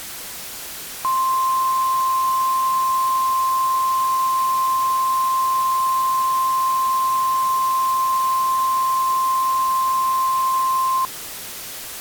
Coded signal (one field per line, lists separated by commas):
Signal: Emergency Alert System (SAME) tones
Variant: 1050 Hz attention tone